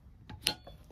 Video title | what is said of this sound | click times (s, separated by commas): Wera Torque Screwdriver Set: Why Electricians Swear By Them! 🔧⚡ | you click that's tored up to the right setting | 0.5 s